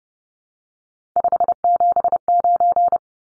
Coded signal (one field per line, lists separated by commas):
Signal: Morse code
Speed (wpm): 30 wpm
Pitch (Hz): 700 Hz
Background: none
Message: 579